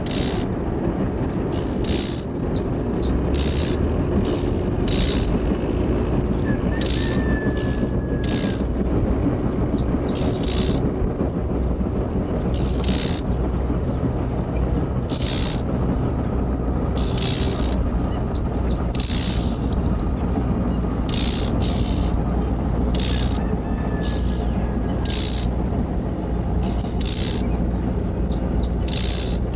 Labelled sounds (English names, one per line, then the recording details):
Eurasian Reed Warbler alarm call
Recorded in the wild
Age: adult
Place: Karower Teiche, Naturpark Barnim, Berlin, DE
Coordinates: 52.6222, 13.4597
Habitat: pond
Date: 1964-07-26
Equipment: Minifon, Sennheiser MD 421, Transistorverstärker, Kopie Smaragd
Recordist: Tembrock, Günter